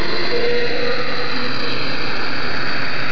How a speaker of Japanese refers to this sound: 整備用の機械が走り回るその動き、そしてエンジン音に合わせて砂煙が舞っている甲子園球場の内野です。